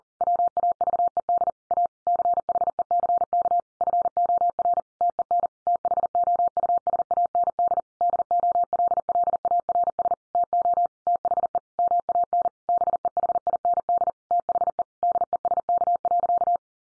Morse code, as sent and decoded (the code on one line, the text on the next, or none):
.-- .- ...- . -.. / .- / -.-. .... . -.-. -.- / ..-. --- .-. / - . -. / - .... --- ..- ... .- -. -.. / -.. --- .-.. .-.. .- .-. ... / - --- / - .... . / -- .- -. / -... . .... .. -. -.. / - .... . / -.. . ... -.- .-.-.-
WAVED A CHECK FOR TEN THOUSAND DOLLARS TO THE MAN BEHIND THE DESK.